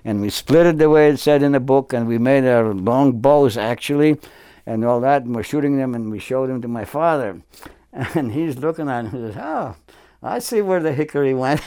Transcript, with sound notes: And we split it the way it said in the book and we made long bows, actually, and all that. And we're shooting them and we showed them to my father. And he's [Chuckles] looking at them and say, "Ha, I see where the hickory went."